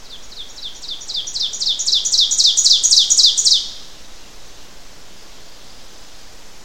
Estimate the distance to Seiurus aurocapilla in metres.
about 10 m